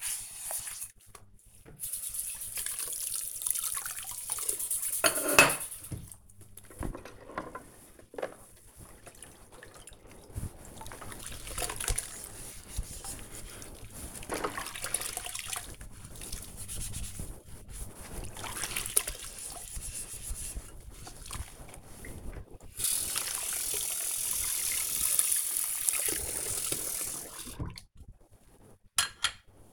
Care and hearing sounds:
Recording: household activities, microphone on the right wrist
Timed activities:
0.00-28.97 s: washing dishes

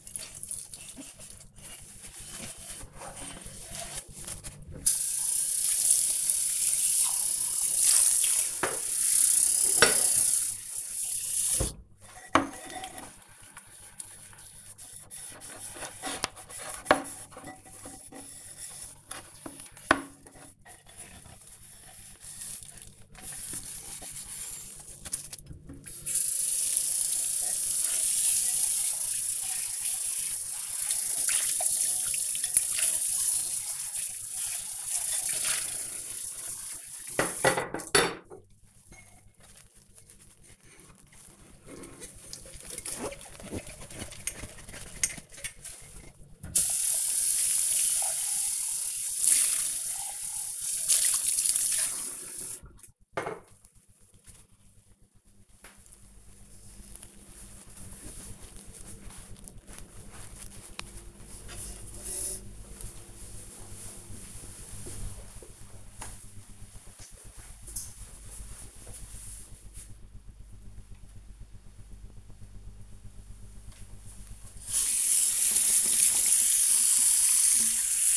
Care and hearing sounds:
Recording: household activities, microphone on the right wrist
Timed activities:
0.00-52.65 s: washing dishes
73.79-78.17 s: washing hands

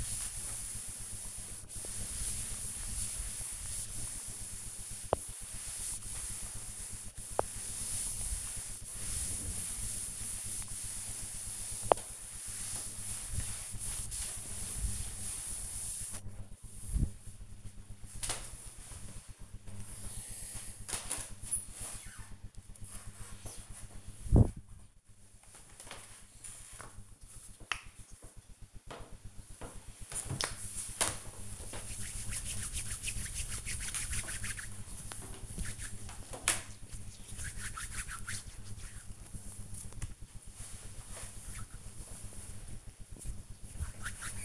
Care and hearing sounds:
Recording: household activities, microphone on the right wrist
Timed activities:
0.00-15.88 s: cleaning table
28.97-44.45 s: cream hands

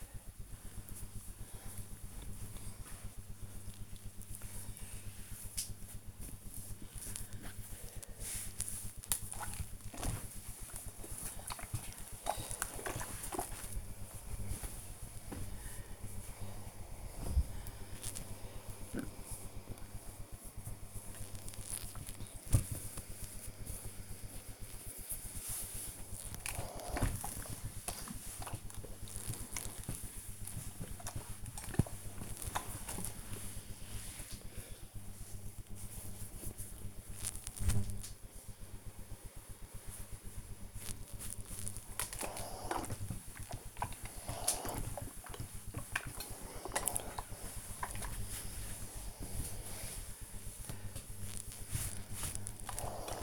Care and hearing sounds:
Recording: household activities, microphone on the right wrist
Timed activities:
0.00-53.23 s: ironing laundry

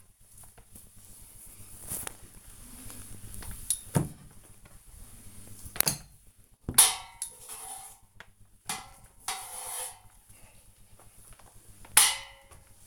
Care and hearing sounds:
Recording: household activities, microphone on the right wrist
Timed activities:
0.00-12.87 s: floor cleaning

